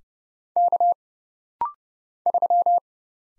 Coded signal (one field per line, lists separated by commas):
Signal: Morse code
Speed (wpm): 30 wpm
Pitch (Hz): 700 Hz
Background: none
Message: K 3